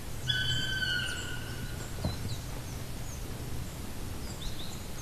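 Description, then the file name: Black woodpecker giving a single drawn-out, ringing call at the start, over a low hum, with faint high chirps later. "patrick franke-schwarzspecht-black woodpecker-dryocopus martius"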